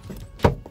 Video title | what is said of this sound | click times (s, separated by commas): Starlight ROLLS ROYCE Headliner COMPLETE PROCESS - w/ Painting Headliner BLACK - 2019 2020 Kia Forte | in that one snap in that and then when I went to remove it this | 0.5 s